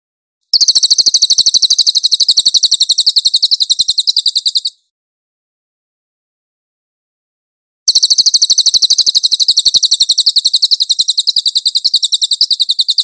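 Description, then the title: Cililin singing a continuous shrill trill of rapid pulsed notes for about four seconds, pausing in silence, then launching into another long trill. Master (tutor) song of the cililin, clear audio. "MASTER SANGAT BAGUS SUARA BURUNG CILILIN, AUDIO JERNIH"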